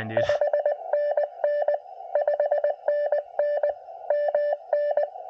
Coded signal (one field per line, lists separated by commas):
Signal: Morse code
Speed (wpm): 21 wpm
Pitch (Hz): 570 Hz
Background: none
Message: 5NN 5NN MN